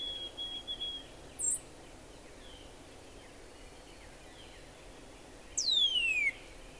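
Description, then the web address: Northern cardinal song: a single loud whistled note sliding steeply downward near the end, after faint high thin notes earlier and a steady background hiss. "birdsongforthecurious songs Northern Cardinal"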